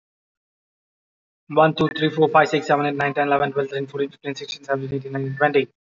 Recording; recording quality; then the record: counting at a fast pace; excellent, no background noise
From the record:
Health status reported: healthy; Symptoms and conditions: none ticked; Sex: male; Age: 30 years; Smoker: not ticked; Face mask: not worn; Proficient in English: yes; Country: India